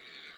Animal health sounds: pig call; piglet (1 to 25 days)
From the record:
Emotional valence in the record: positive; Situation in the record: reunion after long isolation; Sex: male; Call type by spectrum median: high-frequency call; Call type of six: low-frequency tonal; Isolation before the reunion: 8 minutes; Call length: 0.38 s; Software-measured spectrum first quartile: 1835 Hz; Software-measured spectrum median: 2666 Hz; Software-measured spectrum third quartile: 3777 Hz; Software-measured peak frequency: 2250 Hz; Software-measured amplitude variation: 84 dB a second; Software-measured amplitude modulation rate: 25.1 a second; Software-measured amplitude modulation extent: 3.4 dB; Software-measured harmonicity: 0.7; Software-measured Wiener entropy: -1.02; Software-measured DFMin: 1303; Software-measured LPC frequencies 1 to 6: 1599, 2221, 3682, 4430, 5929, 7021 Hz

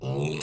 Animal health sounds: pig call; weaner (32 to 43 days)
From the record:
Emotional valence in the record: negative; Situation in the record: short isolation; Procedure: open field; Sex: female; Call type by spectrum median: low-frequency call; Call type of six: mixed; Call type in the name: high-frequency modulated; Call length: 0.43 s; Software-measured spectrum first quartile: 232 Hz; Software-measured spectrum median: 563 Hz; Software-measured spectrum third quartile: 3194 Hz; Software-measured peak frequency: 377 Hz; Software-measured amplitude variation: 79 dB a second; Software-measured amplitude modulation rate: 19.9 a second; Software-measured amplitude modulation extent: 4.0 dB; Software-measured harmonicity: 1.8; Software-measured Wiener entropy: -3.78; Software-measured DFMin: 1096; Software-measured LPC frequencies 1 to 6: 377, 2623, 3684, 4115, 5093, 6265 Hz

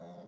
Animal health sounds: pig call; piglet (1 to 25 days)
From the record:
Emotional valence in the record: negative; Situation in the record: long isolation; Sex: female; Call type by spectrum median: low-frequency call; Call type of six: low-frequency stable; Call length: 0.27 s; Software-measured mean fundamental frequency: 57 Hz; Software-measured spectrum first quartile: 206 Hz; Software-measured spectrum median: 451 Hz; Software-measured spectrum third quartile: 662 Hz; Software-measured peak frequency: 185 Hz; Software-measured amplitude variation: 69 dB a second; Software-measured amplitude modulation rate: 14.7 a second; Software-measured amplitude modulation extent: 4.7 dB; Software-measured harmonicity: 3.5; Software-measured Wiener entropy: 0.16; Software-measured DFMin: 983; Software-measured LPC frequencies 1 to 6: 616, 1896, 3537, 4834, 5647, 6424 Hz

